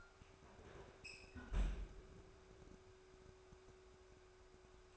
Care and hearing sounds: daily activity, microphone in the room; close fridge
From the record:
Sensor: 2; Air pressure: 1004.5 hPa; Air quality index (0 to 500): 184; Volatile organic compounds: 10 ppm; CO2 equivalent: 2214 ppm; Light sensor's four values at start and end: 4/11/4/4 and 4/11/4/4

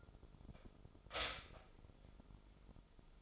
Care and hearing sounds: daily activity, microphone in the room; stop toaster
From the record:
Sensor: 5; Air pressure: 988.7 hPa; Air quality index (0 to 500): 232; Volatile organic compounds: 176 ppm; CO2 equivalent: 4129 ppm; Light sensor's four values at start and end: 40/124/48/51 and 40/124/48/51

